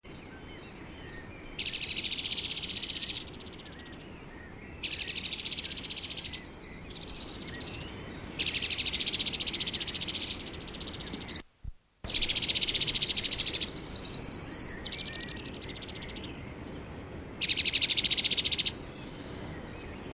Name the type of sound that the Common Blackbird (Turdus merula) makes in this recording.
alarm call